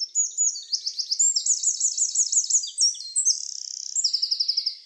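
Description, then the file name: Eurasian wren singing a loud, fast, high stream of trills and sharp notes for nearly five seconds, shifting between rapid rattles and bright repeated phrases. "Troglodytes troglodytes"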